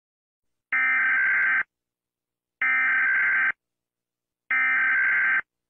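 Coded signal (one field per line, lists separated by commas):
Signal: Emergency Alert System (SAME) tones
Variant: header bursts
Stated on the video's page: Fictional EAS scenario about nuclear missiles striking Chile; not a real alert.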